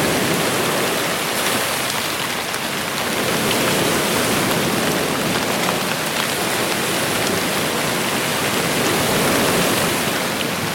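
Rain falls over a beach in a dense, steady hiss that fills the low and high range evenly. The level holds almost constant throughout, with faint patters and tiny crackles scattered through the wash and no distinct events standing out.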